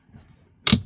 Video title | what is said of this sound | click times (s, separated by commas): MUST HAVE Seat covers! Model Y refresh Juniper by EVBASE | Slide it up till it clicks. | 0.7 s